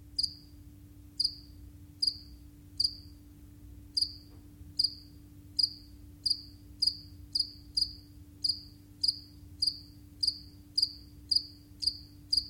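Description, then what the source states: House cricket chirping: short high pulses repeated steadily over a steady low hum. Recorded by Simon Elliott.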